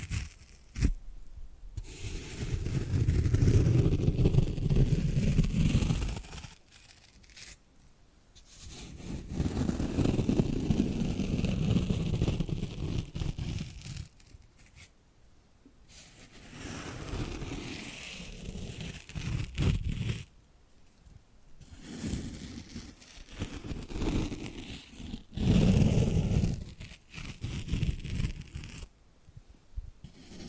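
Scratching and rubbing come in long bursts of a few seconds each, low and rough, with brief quiet gaps between them around 7, 15, 20 and 29 seconds. The texture is dense and crinkly, like something dragged or crumpled, with a few sharp taps.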